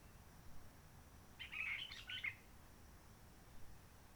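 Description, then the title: Réunion bulbul giving a single short, jumbled warbling phrase in the middle. Roche Merveilleuse forest, Réunion; calm since 19 March 2020 lockdown, no microlights, helicopters or shouting children; sunny blue sky; birds not very active; sings simpler, short phrases adapted to noise pollution. "Roche Merveilleuse, Réunion - Merle de lîle de la Réunion."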